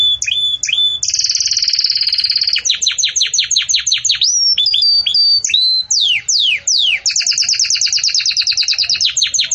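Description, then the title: Belgian canary song, long and varied: bright trills, a sustained buzzy note, rapid repeated chirps and downward sweeps in a continuous flowing stream. Belgian canary singing in the campainha (bell) style, used to teach song to chicks. "Belíssimo Canto Do Canário Belga Campainha Para Encarte De Filhotes"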